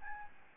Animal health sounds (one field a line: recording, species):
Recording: mosquito wingbeat signal from an infrared sensor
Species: Aedes albopictus